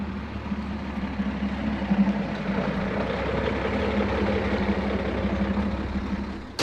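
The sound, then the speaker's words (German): A heavy three-ton truck engine drones steadily as it drives on toward the Predego Bridge, a continuous low rumble with a humming tone and broad road noise throughout, with no voices. “Der Dreitonner fährt weiter zur Predego-Brücke.”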